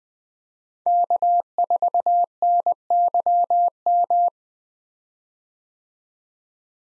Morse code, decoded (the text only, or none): K4NYM